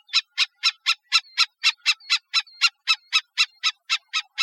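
Black-necked stilt repeating harsh, nasal kek notes about four per second, with thin, faint whistles slipping between some calls.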